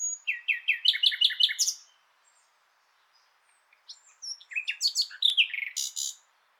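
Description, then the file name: Common nightingale singing a fast sequence of repeated rich notes, a short silence, then a second varied phrase of rapid chattering and whistled notes. "Luscinia megarhynchos"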